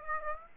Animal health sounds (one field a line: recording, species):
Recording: mosquito wingbeat signal from an infrared sensor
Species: Aedes aegypti